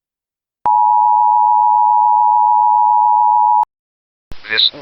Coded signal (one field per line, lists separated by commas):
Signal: Emergency Alert System (SAME) tones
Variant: 853 and 960 Hz attention tone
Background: speech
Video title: EAS Scenario: The Heatwave - The Public Outrage